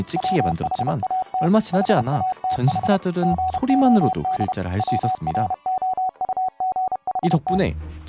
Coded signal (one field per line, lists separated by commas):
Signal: Morse code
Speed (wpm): 31 wpm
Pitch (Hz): 750 Hz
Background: speech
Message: WHAT HATH GOD WROUGHT